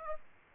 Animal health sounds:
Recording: mosquito wingbeat signal from an infrared sensor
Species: Aedes aegypti

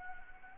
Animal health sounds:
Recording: mosquito wingbeat signal from an infrared sensor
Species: Anopheles arabiensis

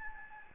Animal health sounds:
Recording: mosquito wingbeat signal from an infrared sensor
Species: Aedes albopictus

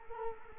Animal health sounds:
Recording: mosquito wingbeat signal from an infrared sensor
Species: Culex quinquefasciatus

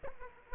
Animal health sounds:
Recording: mosquito wingbeat signal from an infrared sensor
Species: Aedes aegypti

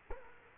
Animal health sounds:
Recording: mosquito wingbeat signal from an infrared sensor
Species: Culex quinquefasciatus

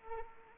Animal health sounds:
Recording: mosquito wingbeat signal from an infrared sensor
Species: Anopheles arabiensis

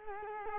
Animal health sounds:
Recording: mosquito wingbeat signal from an infrared sensor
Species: Culex quinquefasciatus

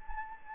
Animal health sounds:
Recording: mosquito wingbeat signal from an infrared sensor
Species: Anopheles gambiae

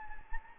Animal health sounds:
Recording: mosquito wingbeat signal from an infrared sensor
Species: Anopheles gambiae

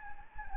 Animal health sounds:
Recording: mosquito wingbeat signal from an infrared sensor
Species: Anopheles gambiae

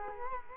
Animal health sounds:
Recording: mosquito wingbeat signal from an infrared sensor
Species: Culex quinquefasciatus

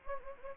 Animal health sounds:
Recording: mosquito wingbeat signal from an infrared sensor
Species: Anopheles gambiae

